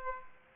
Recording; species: mosquito wingbeat signal from an infrared sensor; Aedes aegypti